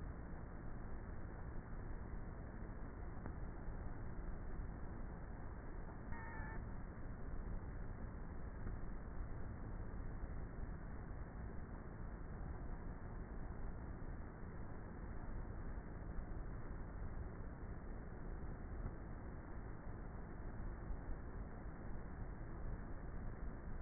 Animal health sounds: honeybee colony, microphone inside the hive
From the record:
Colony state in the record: queenless with a low population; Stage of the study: before two queens were removed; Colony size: about 30,000 bees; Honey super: no

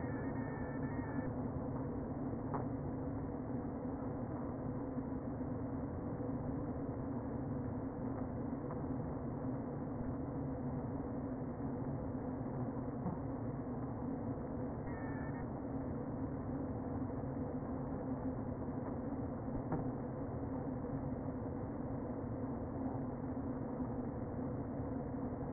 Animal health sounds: honeybee colony, microphone inside the hive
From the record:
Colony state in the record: queen present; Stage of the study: before two queens were removed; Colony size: about 60,000 bees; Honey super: yes

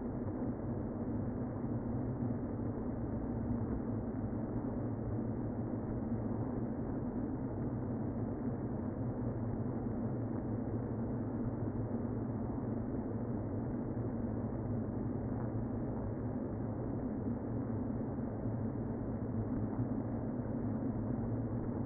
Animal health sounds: honeybee colony, microphone inside the hive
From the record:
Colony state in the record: queen present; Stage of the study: before two queens were removed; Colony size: about 60,000 bees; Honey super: yes

